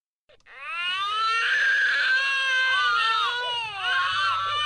The most annoying twins in Canberra the baby's crying.